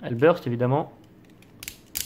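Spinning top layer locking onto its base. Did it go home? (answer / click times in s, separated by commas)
yes / 1.6 s, 1.7 s, 2.0 s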